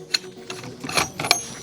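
An IDG Hesy SixK suppressor is pushed onto a notched muzzle device, and its spring-loaded ratchet latch, backed by a system adding 1,700 lb of locking force, clicks sharply over the notches at about 0.2, 0.5, 1.2 and 1.3 seconds. A softer rattle comes between the clicks. The suppressor seats and stays locked on.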